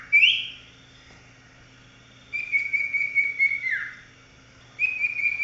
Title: Kicau Kacer